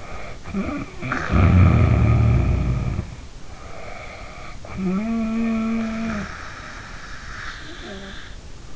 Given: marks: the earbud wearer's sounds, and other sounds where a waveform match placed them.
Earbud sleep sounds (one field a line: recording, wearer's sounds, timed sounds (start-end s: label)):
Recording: sounds in sleep by an in-ear microphone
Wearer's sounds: snoring breath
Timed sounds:
0.00-3.25 s: snoring breath
3.73-8.38 s: snoring breath